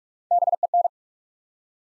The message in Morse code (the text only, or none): BEN